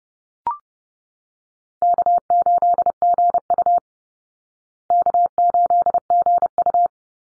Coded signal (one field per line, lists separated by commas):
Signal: Morse code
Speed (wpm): 30 wpm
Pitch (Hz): 700 Hz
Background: none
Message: K8GU K8GU